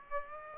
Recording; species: mosquito wingbeat signal from an infrared sensor; Aedes aegypti